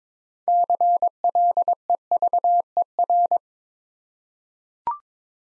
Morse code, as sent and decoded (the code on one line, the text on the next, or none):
-.-. .-.. . ...- . .-.
CLEVER